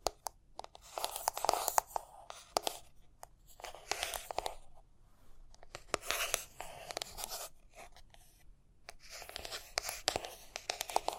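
Irregular tapping and scratching, with sharp clicks scattered throughout and brighter rustling scratches in bursts near 1, 4, 6 and 10 seconds.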